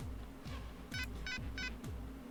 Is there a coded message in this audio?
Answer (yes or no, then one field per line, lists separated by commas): no